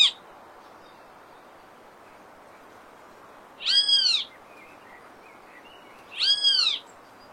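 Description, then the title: Great kiskadee giving two loud, harsh, arched calls about two and a half seconds apart, with a faint steady hiss behind. Wild, singing in nature, Brazil. "O CANTO DO BEM TE VI NA NATUREZA Aves Do Brasil"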